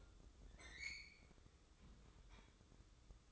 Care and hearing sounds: daily activity, microphone in the room; open fridge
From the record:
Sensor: 3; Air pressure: 995.3 hPa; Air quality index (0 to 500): 77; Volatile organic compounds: 5 ppm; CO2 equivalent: 1809 ppm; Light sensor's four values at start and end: 17/51/21/18 and 17/52/22/18

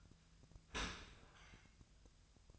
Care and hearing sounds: daily activity, microphone in the room; open dishwasher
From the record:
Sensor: 2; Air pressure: 1004.5 hPa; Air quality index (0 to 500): 116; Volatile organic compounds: 3 ppm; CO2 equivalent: 1412 ppm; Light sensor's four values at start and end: 6/15/6/6 and 6/15/6/6

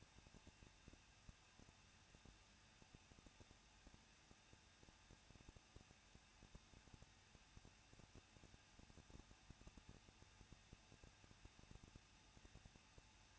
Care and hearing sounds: daily activity, microphone in the room; no activity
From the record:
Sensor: 2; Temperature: 21.0 degrees Celsius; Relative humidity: 37.3%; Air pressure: 1006.4 hPa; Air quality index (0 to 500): 220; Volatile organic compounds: 23 ppm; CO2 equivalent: 2774 ppm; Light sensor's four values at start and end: 2/3/2/2 and 2/3/2/2

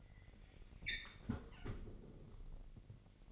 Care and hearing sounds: daily activity, microphone in the room; close fridge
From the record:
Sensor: 4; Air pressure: 1002.8 hPa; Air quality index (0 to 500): 241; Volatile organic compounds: 17 ppm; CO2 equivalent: 2581 ppm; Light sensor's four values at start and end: 4/10/4/4 and 4/10/4/4

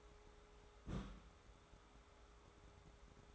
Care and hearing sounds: daily activity, microphone in the room; place on stove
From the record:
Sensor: 3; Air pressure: 1010.3 hPa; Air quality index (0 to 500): 167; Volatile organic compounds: 9 ppm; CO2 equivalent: 2178 ppm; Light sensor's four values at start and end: 50/124/55/61 and 50/124/55/61

